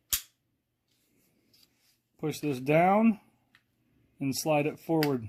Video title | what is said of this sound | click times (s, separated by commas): Before you buy the CAA MCK watch this!! | grab the gun and push it forward till you hear a click. | 0.1 s